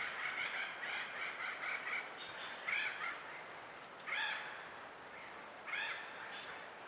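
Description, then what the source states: Mexican Whip-poor-will song: burry, rolling phrases repeated several times over a steady background hiss. Recorded April 23, 2022, at a canyon trailhead in the Chiricahua Mountains, southeast Arizona, near Portal; species heard first; in the contiguous US found only in a very small range, mostly in southeast Arizona.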